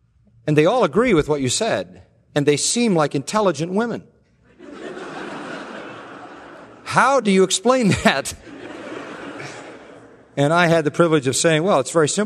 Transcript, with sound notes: and they all agree with what you said, and they seem like intelligent women." (Laughter) "How do you explain that?" I had the privilege of saying, "Well, it's very simple.